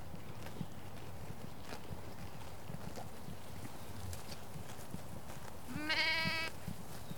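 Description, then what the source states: Sheep giving a single wavering bleat near the end, over a steady low rumble and faint thumping. Sheep on pasture.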